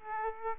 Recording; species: mosquito wingbeat signal from an infrared sensor; Aedes aegypti